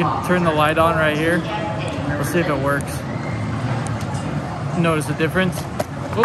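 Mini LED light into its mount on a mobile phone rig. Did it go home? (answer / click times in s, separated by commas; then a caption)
no / none. A mini LED vlogging light is handled at its mount on a mobile phone rig while someone talks over a steady background hum. A few sharp transients come near the end at about 5.8, 6.1 and 6.2 seconds, but the light has not yet clipped into its mount; nothing has seated yet.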